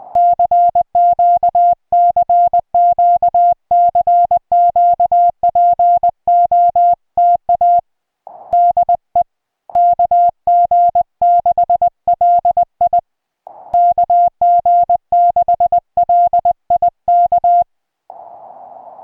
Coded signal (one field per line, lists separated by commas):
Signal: Morse code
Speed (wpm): 20 wpm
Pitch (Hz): 700 Hz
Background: music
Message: CQ CQ CQ POTA DE KG6LI KG6LI K